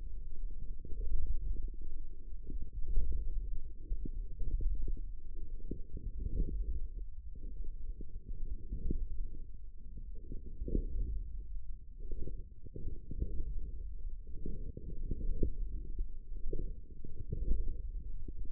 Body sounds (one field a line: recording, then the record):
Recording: forearm muscle sounds (acoustic myography)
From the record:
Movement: forearm supination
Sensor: system 1, eight BSWA MPA416 microphones around the upper forearm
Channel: 6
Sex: male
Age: 18 years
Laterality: right